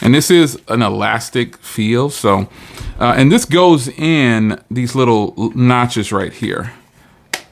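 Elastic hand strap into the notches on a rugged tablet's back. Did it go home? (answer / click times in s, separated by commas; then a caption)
yes / 7.3 s. Someone talks while pushing the elastic hand strap of a Ulefone Armor Pad Pro rugged tablet into the small notches on the tablet's back. At 7.3 s the strap gives one sharp click as it snaps into place and is seated.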